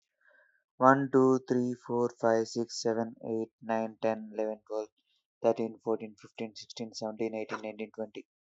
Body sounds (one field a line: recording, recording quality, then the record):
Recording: counting at a normal pace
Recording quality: excellent, no background noise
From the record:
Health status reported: healthy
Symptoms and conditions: none ticked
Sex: male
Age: 31 years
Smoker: not ticked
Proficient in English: yes